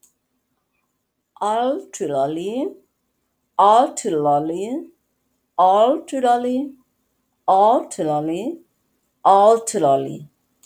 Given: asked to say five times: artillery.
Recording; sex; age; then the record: repeated word; female; 40 to 49 years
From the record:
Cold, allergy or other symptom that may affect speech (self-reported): no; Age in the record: 40 years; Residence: Washington, United States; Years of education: 16